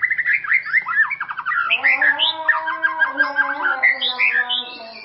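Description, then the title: White-rumped shama singing a rich jumble of warbled phrases and short buzzy trills. "murai batu"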